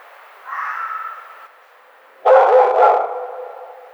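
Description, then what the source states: Red fox barks: a drawn-out hoarse call, then a louder harsh, raspy bark about two seconds later, both held in the mid range. 1 April 2009.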